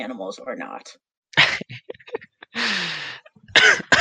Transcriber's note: laughs